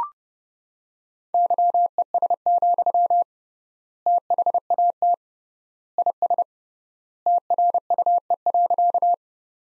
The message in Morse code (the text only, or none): YES, THAT IS TRUE.